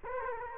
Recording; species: mosquito wingbeat signal from an infrared sensor; Aedes aegypti